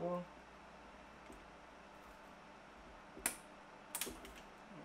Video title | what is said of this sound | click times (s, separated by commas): How To Build A Mining Rig 2018 - Assembly - Mistakes - Fail | There we go. So there's a clicking. As far as I know, that's what we want. | 3.3 s, 3.9 s, 4.0 s